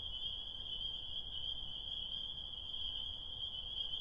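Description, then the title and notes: Spring peeper chorus, a dense unbroken band of high shrill peeps blending into one steady ringing tone, with a soft low rumble underneath. Small frogs singing on a spring night, recorded on the way home from Connecticut. "Spring Peepers!. these tiny frogs sing their desire on a spring night"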